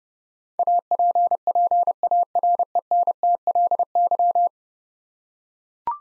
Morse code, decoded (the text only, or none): APPARENTLY